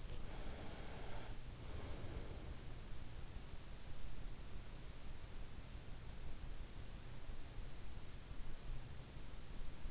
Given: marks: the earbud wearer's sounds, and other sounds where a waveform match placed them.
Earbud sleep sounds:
sounds in sleep by an in-ear microphone; breath
0.00-2.73 s: breath

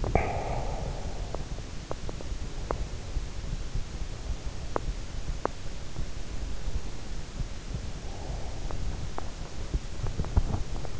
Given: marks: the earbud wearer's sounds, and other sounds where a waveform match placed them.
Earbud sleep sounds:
sounds in sleep by an in-ear microphone; breath, teeth grinding
0.10-1.14 s: breath
1.14-2.98 s: teeth grinding
4.47-5.89 s: teeth grinding
8.64-11.00 s: teeth grinding

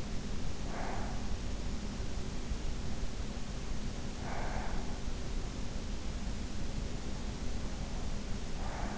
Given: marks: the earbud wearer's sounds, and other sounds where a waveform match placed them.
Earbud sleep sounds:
sounds in sleep by an in-ear microphone; breath
0.45-1.58 s: breath
3.94-5.11 s: breath

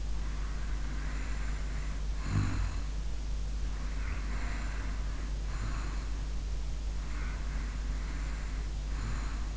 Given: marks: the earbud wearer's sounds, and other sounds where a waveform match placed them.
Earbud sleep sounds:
sounds in sleep by an in-ear microphone; snoring breath, breath
0.33-2.95 s: snoring breath
3.63-6.15 s: breath
7.18-9.57 s: breath

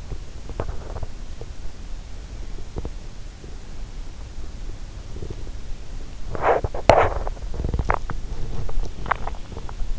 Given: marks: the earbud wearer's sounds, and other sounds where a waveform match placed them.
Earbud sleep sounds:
sounds in sleep by an in-ear microphone; body movement
0.00-1.55 s: body movement
6.26-9.89 s: body movement

